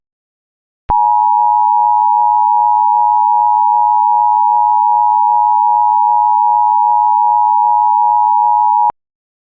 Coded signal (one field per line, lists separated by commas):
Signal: Emergency Alert System (SAME) tones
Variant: 853 and 960 Hz attention tone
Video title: (EAS MOCK) Tornado Watch on TV??? 2 of them????????